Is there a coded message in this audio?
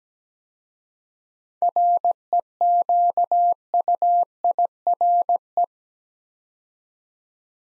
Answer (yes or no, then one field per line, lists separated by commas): yes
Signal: Morse code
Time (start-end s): 1.6-5.6 s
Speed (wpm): 17 wpm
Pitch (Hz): 700 Hz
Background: none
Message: REQUIRE